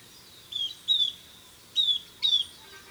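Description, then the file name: Southern beardless tyrannulet calls: four thin, high whistled notes sliding slightly downward, spaced unevenly over three seconds against a soft background hiss. "Camptostoma obsoletum - Southern Beardless Tyrannulet"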